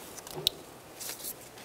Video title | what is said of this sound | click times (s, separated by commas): How to Replace Crankshaft Position Sensor 2012-2016 Subaru Impreza | slide it back on until you hear a click | 0.5 s